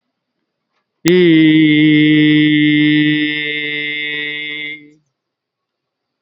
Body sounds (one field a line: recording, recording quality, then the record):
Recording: sustained vowel as in beet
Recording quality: excellent, no background noise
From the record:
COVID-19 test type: RT-PCR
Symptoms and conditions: diabetes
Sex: male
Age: 34 years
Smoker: no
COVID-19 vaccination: both doses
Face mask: worn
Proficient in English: yes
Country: India